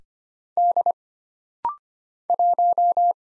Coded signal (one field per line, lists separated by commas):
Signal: Morse code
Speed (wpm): 25 wpm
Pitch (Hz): 700 Hz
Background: none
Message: D 1